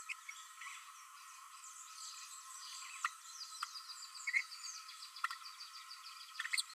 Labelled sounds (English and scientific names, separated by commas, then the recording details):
Green-rumped Parrotlet (Forpus passerinus) babbling
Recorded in a nest box in Venezuela
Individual 18B12A2